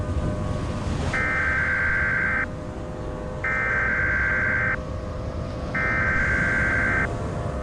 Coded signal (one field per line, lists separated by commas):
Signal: Emergency Alert System (SAME) tones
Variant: header bursts